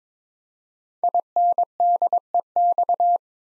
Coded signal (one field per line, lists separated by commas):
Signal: Morse code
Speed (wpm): 23 wpm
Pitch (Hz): 700 Hz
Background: none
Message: INDEX